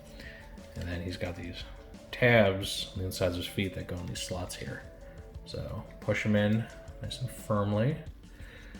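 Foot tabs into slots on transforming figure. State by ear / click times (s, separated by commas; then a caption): not seated / none. Someone talks over music while handling a Transformers Generations Selects Turtler (Snaptrap) transforming figure, lining up the plastic tabs inside its feet with the slots they push firmly into. Nothing has seated or snapped into place yet.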